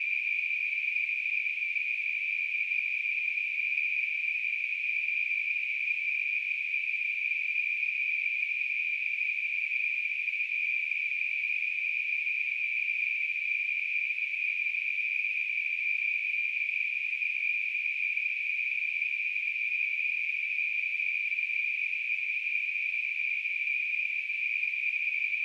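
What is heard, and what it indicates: A steady, high-pitched hissing ring holds at one level for about 25 seconds, with no pulsing or breaks. It is a simulation of tinnitus, the constant ringing or hissing a person with the condition hears in the ears.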